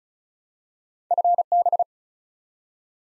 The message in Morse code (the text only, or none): FB